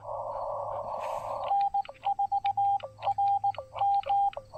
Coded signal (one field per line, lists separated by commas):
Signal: Morse code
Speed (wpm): 18 wpm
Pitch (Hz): 800 Hz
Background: none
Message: N4RM